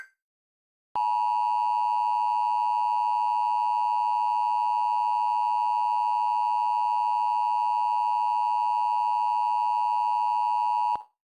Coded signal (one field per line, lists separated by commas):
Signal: Emergency Alert System (SAME) tones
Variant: 853 and 960 Hz attention tone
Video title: EF7 EAS Scenario (yes this is intentionally unrealistic)